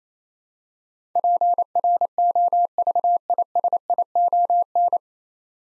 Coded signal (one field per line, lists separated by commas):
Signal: Morse code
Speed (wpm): 27 wpm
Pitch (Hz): 700 Hz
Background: none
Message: PROVISION